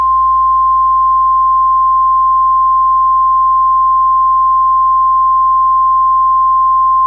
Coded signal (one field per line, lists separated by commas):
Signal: Emergency Alert System (SAME) tones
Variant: 1050 Hz attention tone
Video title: EAS Scenario #1: Eruption (Sneak Peek)